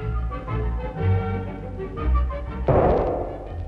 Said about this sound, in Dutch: Het leken wel speelgoedkanonnetjes die half maart in Monaco de geboorte van een kroonprins verkondigden. Prins Albert, zoon van prins Rainier en prinses Gracia, verzekerde door zijn komst het voortbestaan van de prinselijke monarchie.